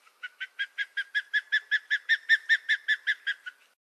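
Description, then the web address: Osprey whistled calls: many short, clear, piping notes in a fast, even series that swell in loudness and then fade, with a quiet background. "Songs of Birds of North America Western USA Songbirds. Osprey"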